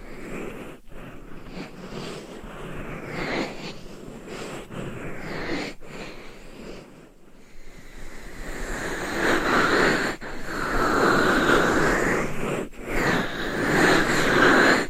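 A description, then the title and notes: Scratching and tapping on a binaural dummy head mic with different covers, a dense rough rustle that swells and fades. Brief silent gaps break it near 1, 6, 7, 10 and 13 seconds, and the scratching grows louder and brighter after about 8 seconds. Binaural Dummy Head Mic Scratching & Tapping with Different Mic Covers No Talking.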